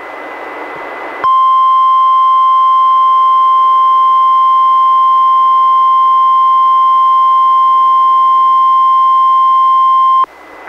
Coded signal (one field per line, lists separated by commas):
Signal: Emergency Alert System (SAME) tones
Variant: 1050 Hz attention tone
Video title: EAS #578: NWR Required Weekly Test- Oct. 27, 2021- 11:04AM PDT